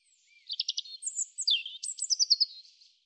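European robin song, a varied high warble mixing rapid buzzy trills, thin whistled slides and quick repeated note runs, delivered in one continuous phrase of about two and a half seconds.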